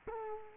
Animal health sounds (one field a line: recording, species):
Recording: mosquito wingbeat signal from an infrared sensor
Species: Culex quinquefasciatus